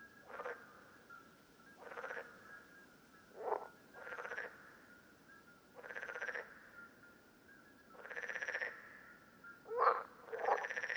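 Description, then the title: Common parsley frog calls: short pulsed croaks repeated roughly every two seconds, some doubled, against a thin steady tone. Several frogs at Lerouville, Lorraine, France, on 5 June 2022. "Parsley-Frogs-Lerouville-Lorraine-France-05 06 2022"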